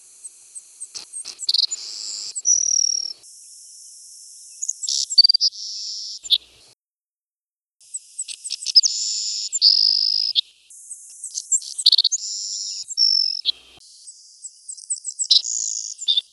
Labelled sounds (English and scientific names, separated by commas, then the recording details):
Savannah Sparrow (Passerculus sandwichensis) song
Recorded around the Bay of Fundy, in 1980